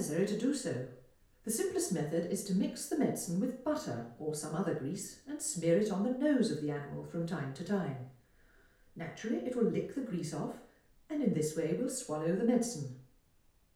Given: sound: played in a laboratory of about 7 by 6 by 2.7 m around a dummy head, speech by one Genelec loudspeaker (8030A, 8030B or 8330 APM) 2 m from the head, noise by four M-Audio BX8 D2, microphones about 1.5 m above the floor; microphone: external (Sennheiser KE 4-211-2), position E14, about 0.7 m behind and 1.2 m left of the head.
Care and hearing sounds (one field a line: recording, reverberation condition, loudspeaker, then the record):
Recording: female speech in English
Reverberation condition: medium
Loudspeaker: 150 degrees to the right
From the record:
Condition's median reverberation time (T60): about 510 ms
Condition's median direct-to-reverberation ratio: about -0.5 dB